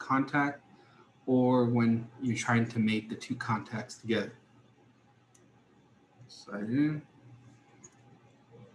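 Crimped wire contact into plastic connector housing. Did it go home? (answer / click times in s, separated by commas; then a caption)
no / none. Someone talks while handling a crimped wire contact being slid into a plastic connector housing, with a couple of faint, brief ticks in the quieter stretches. The contact has not gone home, and nothing has seated or clicked yet.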